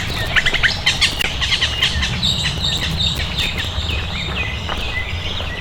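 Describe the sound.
Birds calling with quick high chirps and short whistled notes, irregular and overlapping, against a constant low background hum.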